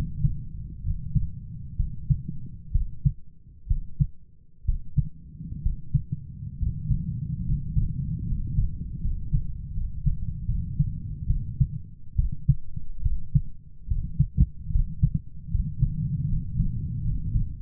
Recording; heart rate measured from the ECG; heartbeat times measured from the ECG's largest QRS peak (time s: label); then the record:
heart sounds by stethoscope; 70 bpm
0.82 s: heartbeat
1.76 s: heartbeat
2.71 s: heartbeat
3.67 s: heartbeat
4.64 s: heartbeat
5.62 s: heartbeat
6.58 s: heartbeat
7.44 s: heartbeat
8.24 s: heartbeat
9.00 s: heartbeat
9.72 s: heartbeat
10.45 s: heartbeat
11.26 s: heartbeat
12.15 s: heartbeat
13.02 s: heartbeat
13.87 s: heartbeat
14.71 s: heartbeat
15.50 s: heartbeat
16.28 s: heartbeat
17.03 s: heartbeat
From the record:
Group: healthy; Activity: rest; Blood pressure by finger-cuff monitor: 120/70 mmHg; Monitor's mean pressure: 85 mmHg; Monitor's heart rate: 65 bpm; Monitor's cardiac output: 8 L/min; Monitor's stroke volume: 118 mL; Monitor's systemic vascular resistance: 850 dyn s/cm5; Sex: male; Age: 23 years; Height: 178 cm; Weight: 96.6 kg